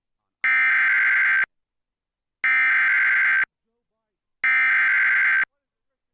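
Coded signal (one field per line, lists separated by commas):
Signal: Emergency Alert System (SAME) tones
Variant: header bursts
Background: speech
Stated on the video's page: Severe Thunderstorm Warning recorded from a public TV station's livestream.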